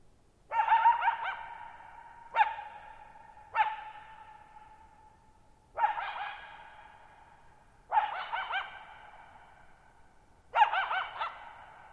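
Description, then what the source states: Coyote in a series of six barks, some breaking into quavering howls, irregularly spaced over twelve seconds, each followed by a long lingering echo. Lone coyote, wild, calling at night on July 14, 2019, Thirtymile Meadows, Okanogan National Forest, Okanogan High Country at 1950 m; dry plateau, bowl-shaped meadow, boggy ground, long natural reverberation.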